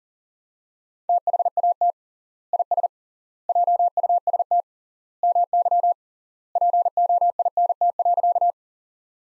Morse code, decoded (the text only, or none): THAT IS JUST MY POINT.